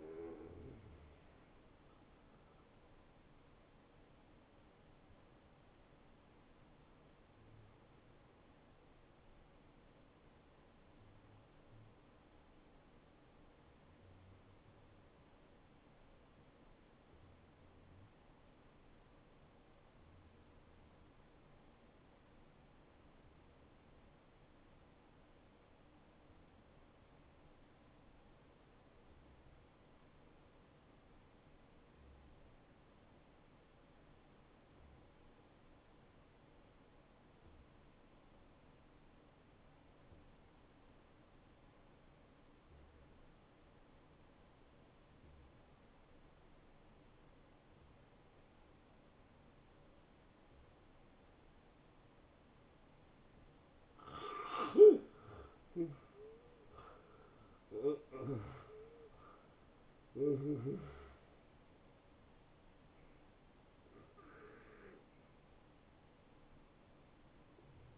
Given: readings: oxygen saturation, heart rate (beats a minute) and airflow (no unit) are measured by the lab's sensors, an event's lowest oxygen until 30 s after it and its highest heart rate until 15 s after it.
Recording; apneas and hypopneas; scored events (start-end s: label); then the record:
breathing in sleep by a voice recorder at the bedside; 1
8.00-54.10 s: hypopnea (N1, oxygen 96% highest, then 80% lowest, heart rate 78 at the start, 85 highest)
29.00-59.00 s: new sleep stage, N2 (light sleep)
59.00-67.98 s: new sleep stage, N1 (lightest sleep)
From the record:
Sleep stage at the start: N1 (lightest sleep); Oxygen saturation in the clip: 78 to 96%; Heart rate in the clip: 68 to 88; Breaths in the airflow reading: 14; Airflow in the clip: -17.4 to 9.5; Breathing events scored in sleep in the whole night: 263 in 5.5 hours asleep